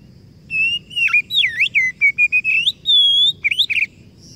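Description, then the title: Oriental magpie-robin song: quick whistled phrases that swoop up and down, then a long level whistle and a short burst of tumbling notes. Masteran (training recording) meant to provoke kacer into gacor (full, active singing); described as successful, the bird going on to become a contest champion. "Masteran Kacer Yang Sukses Memancing Kacer Gacor Sampai Jadi Juara"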